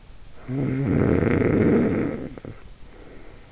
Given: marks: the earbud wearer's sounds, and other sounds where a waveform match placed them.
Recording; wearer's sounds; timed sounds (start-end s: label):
sounds in sleep by an in-ear microphone; snoring breath
0.32-3.52 s: snoring breath